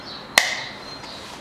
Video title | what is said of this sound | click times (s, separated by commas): Замена топливного фильтра в бензобаке на Ниссан Икстрейл 2001 года Nissan X Trail | защелкиваем его. | 0.4 s